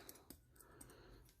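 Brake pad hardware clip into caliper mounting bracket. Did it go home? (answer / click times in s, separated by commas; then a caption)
yes / 0.3 s. A new metal anti-rattle abutment clip is pressed into the cleaned steel caliper mounting bracket of a 2015 Toyota RAV4's front brakes. A cluster of short, sharp metallic clicks is heard, with the strongest snap at 0.3 s. The clip snaps into place and is seated.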